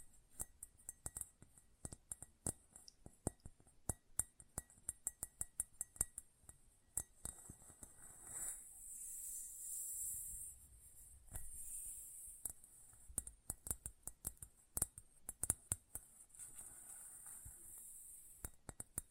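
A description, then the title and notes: Close-up metallic sounds: sharp, bright clicks and clinks tapping out in irregular bursts, sometimes quick and dense, sometimes spaced apart. Around eight to eleven seconds the tapping thins out and a high hiss rises before the clicks return and continue to the end. ASMR Close Up Metallic Sounds (No Talking).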